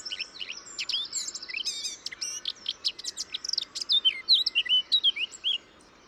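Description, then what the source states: Bird singing a fast medley: buzzy rattles and clicks at first, then clear looping whistled notes that rise and fall near the end. Described as hyper-imitative.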